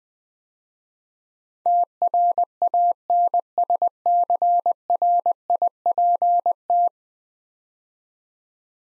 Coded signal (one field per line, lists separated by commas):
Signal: Morse code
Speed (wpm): 21 wpm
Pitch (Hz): 700 Hz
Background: none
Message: TRANSCRIPT